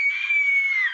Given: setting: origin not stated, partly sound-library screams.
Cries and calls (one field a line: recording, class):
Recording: one-second piece from a danger detection set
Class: woman in danger